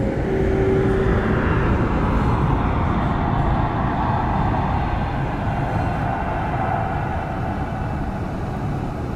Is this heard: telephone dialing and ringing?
no